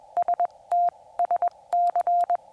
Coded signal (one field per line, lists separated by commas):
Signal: Morse code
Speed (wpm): 21 wpm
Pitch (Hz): 700 Hz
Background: none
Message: S T SC